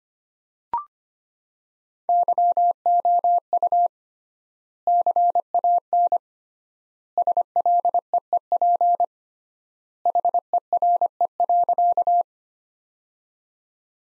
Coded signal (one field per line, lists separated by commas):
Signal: Morse code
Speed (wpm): 25 wpm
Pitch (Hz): 700 Hz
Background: none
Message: YOU CAN SLEEP HERE.